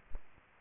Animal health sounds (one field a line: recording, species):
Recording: mosquito wingbeat signal from an infrared sensor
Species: Aedes aegypti